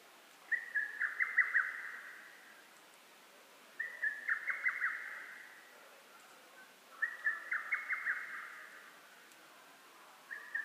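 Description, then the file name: Lesser cuckoo calling: a loud, slightly stuttering whistled phrase repeated about every three seconds, three full phrases and the start of a fourth. Recorded on 12 June 2010. "hototogisu-20100612"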